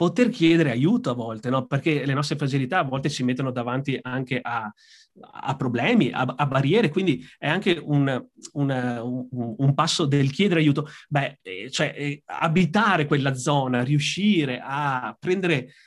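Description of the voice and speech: Adult male speaking Italian with severe stuttering: repeated words and part-words ("a, a", "un, un, un, un"), prolonged sounds, and blocks with pauses and fillers. He describes himself as very, very much a stutterer.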